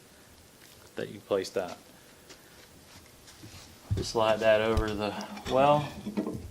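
A shielding sleeve with cutouts on both ends is handled and positioned to slide over the well of a Captus 4000e well counter while someone talks, with faint handling noise between the speech. Nothing has seated or locked into place yet.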